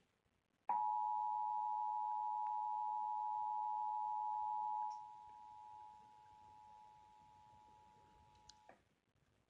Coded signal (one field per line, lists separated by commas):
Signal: Emergency Alert System (SAME) tones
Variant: 853 and 960 Hz attention tone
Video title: EAS #35: Required Monthly Test - Indiana (8/16/2018) (Comcast)